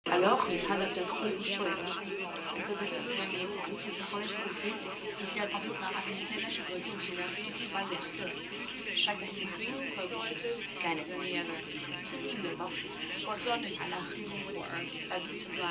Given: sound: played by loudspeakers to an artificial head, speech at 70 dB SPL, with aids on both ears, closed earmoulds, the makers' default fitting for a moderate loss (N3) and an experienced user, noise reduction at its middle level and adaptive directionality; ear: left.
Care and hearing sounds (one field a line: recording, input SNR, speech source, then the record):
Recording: speech test signal (ISTS) in cocktail-party noise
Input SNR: 0 dB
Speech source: on the right (90 degrees)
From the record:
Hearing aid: class 2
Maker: E